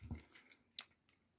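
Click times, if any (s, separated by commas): 0.8 s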